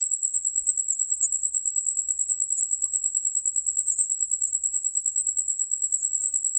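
Cricket chirping: a steady, very high-pitched trill of rapid pulses.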